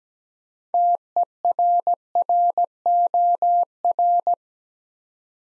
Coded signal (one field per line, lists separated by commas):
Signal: Morse code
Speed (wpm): 17 wpm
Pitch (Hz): 700 Hz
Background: none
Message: TERROR